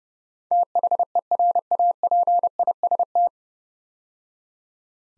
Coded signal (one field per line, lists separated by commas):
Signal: Morse code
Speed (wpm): 30 wpm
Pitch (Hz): 700 Hz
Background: none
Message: THERAPIST